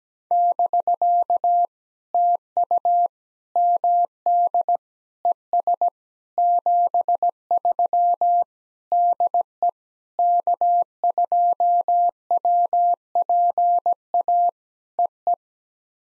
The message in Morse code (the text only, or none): <BK> TU MD ES 73 DE K2WPA EE